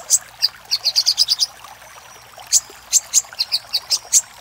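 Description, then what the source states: Little spiderhunter song: sharp, very high chips in a quick run, a pause of about a second, then a second scattered series of thin notes. Master recording for training cage birds.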